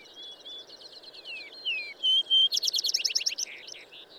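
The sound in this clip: Bird song: quiet high twittering and downslurred whistles, then a pure whistle leading into a loud rapid trill of repeated buzzy notes, with faint background hiss.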